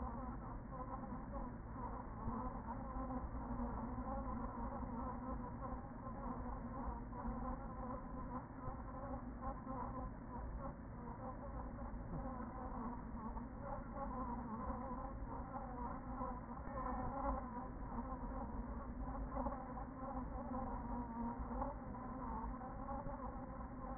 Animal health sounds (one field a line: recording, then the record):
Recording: honeybee colony, microphone inside the hive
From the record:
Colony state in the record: queen present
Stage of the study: after two queens were removed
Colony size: about 40,000 bees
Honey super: no